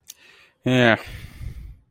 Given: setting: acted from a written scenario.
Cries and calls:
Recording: vocal sound without words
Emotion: contempt

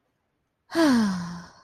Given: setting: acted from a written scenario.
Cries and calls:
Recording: vocal sound without words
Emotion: contentment

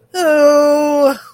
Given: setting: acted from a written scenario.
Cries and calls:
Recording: vocal sound without words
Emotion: negative surprise

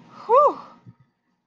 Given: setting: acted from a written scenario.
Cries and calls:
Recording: vocal sound without words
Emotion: relief

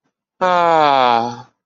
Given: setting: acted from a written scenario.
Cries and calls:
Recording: vocal sound without words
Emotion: ecstasy

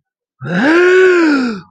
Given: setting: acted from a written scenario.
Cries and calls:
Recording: vocal sound without words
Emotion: fear

